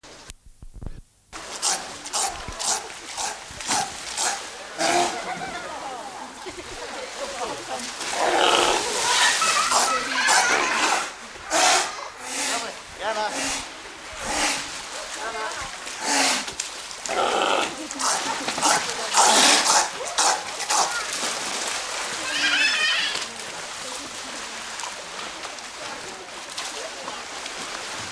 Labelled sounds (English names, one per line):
South American Sea Lion call